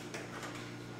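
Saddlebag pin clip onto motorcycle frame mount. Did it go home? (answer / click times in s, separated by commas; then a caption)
no / none. A saddlebag's pin clip is being handled onto a motorcycle frame mount as the saddlebag is reinstalled. A short knock at 0.1 s rises over a steady low hum. Nothing has seated or clicked into place yet.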